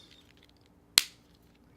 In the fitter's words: should snap into place okay